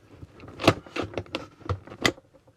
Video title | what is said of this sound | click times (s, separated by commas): Airstream Cabinet Door Hinges & Drawer Slides 101 | it click once it's click it's in that's | 2.1 s